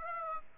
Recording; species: mosquito wingbeat signal from an infrared sensor; Aedes aegypti